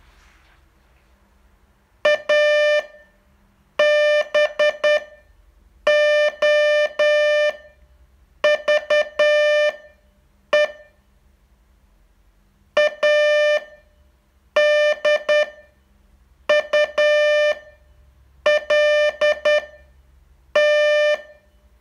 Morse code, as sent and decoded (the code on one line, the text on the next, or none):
.- -... --- ...- . / .- -.. ..- .-.. -
ABOVE ADULT